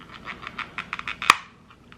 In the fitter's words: there it's snapping apart